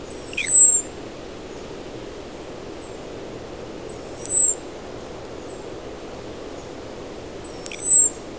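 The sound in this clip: American robin call: a very high, thin, slightly descending whistle, given three times, roughly every three and a half seconds.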